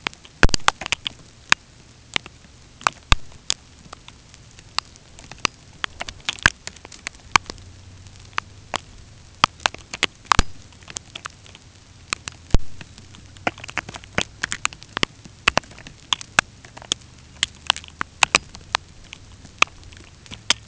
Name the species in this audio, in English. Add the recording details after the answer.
none. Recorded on Arctic tundra, site UTQI-5, on 13 June 2019. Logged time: 06:00